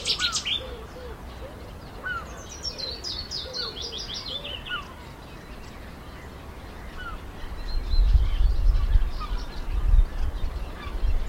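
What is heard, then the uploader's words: A willow warbler sings a bright, sweet phrase that trickles downward in pitch around the two-to-four second mark, after a brief high burst at the start. Other birds chirp softly in the background, and a low wind-like rumble swells toward the end. The stormy weather calmed enough this morning to try recording some of the great range of bird song at the moment.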